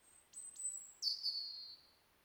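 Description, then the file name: European robin giving high thin whistled notes, a sustained very high tone followed by a bright descending slur. "Erithacus rubecula"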